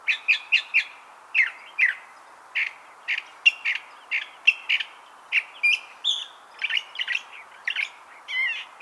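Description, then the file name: California thrasher singing a loud series of varied notes, scratchy chirps and slurred whistles, quickly repeated, some doubled, with brief pauses between phrases. "Toxostoma redivivum - California Thrasher"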